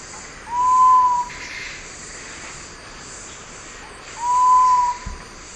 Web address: Natures Songs S America Eastern Lowlands Geotrygon saphirina, song